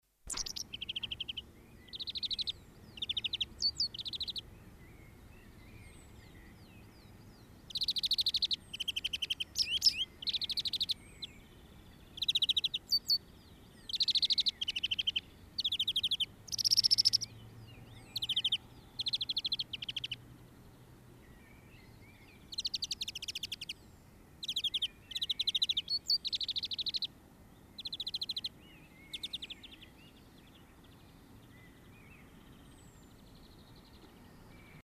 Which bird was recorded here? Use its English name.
European Greenfinch